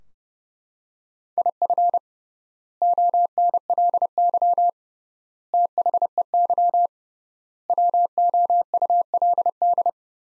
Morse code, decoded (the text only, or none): IF ONLY THEY WOULD